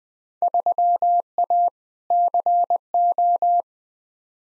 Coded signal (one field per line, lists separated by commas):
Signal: Morse code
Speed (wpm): 21 wpm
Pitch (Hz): 700 Hz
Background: none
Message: 3A CO